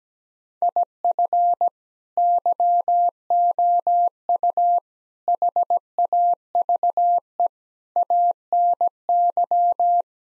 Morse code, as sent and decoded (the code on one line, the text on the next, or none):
.. ..-. / -.-- --- ..- / .... .- ...- . / .- -. -.--
IF YOU HAVE ANY